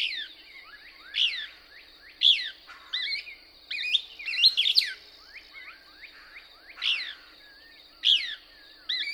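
Couch's Kingbird song, sharp high twittering notes sweeping up and down in short bursts every second or so, over a steady high insect-like whine.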